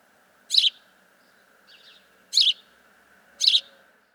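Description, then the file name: House sparrow calls: three loud, harsh chirps at irregular intervals, with one fainter chirp between the first two. "Passer domesticus"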